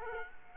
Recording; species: mosquito wingbeat signal from an infrared sensor; Culex quinquefasciatus